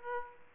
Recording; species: mosquito wingbeat signal from an infrared sensor; Aedes aegypti